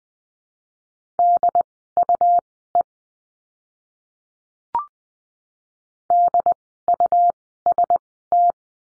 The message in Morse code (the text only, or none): DUE DUST